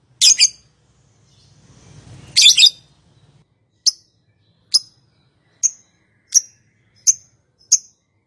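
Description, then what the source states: Lovebird giving two harsh chattering bursts, then a series of single sharp high chirps under a second apart. Calling style named konslet.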